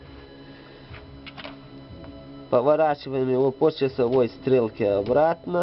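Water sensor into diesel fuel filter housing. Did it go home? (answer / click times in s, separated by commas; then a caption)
no / none. On a Renault Kangoo, a water-in-fuel sensor pushed into the diesel fuel filter housing is being turned clockwise to twist-lock it, with faint handling noises and brief ticks near 1.4 s and 2.0 s, and someone talks from about 2.5 s. The clip ends before the sensor goes home, so nothing has seated or clicked yet.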